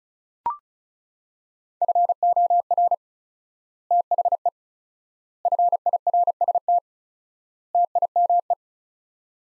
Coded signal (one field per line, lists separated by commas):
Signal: Morse code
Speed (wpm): 36 wpm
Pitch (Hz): 700 Hz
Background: none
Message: FOR THE FIRST TIME